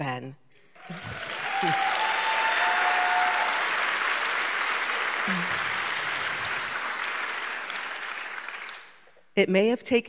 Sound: applause

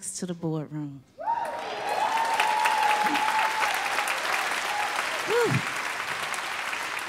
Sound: audience screams and applauds

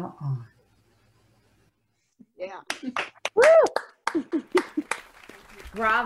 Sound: applause

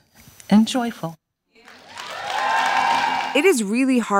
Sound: applause

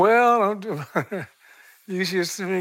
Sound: laughter

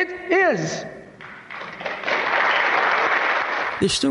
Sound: applause

